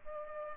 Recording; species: mosquito wingbeat signal from an infrared sensor; Culex pipiens